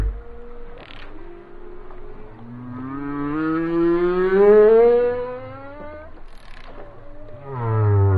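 Whale song with a long, slowly rising harmonic moan that swells and fades, then a fresh low moan at the end.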